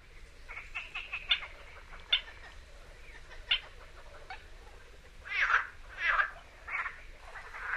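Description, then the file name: Marsh frog croaking: a loose run of short clicking pulses, then four loud rasping, chuckling bursts in quick succession near the end. "grenouille rieuse"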